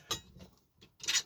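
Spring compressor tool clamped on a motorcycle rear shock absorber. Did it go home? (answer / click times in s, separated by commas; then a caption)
no / none. A spring compressor tool, meant for dismantling motorcycle rear shocks, is clamped on a Honda ST70 (Chaly) rear shock absorber and pulled down to compress the shock spring. Short metallic clanks and scrapes are heard near 0.1 s and again from about 1.0 to 1.2 s. The tool has not locked into place yet, and nothing has seated or clicked.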